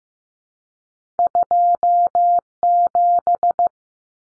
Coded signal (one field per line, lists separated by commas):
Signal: Morse code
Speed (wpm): 15 wpm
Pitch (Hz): 700 Hz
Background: none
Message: 27